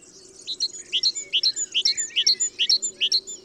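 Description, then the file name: Great tit calling a fast, even series of sharp, high, paired notes repeated steadily for nearly three seconds, with a low hum underneath. "Parus major"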